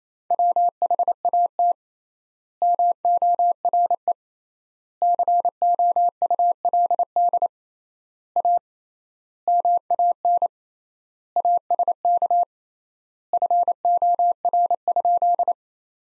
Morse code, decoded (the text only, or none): WHAT MORE COULD A MAN ASK FOR?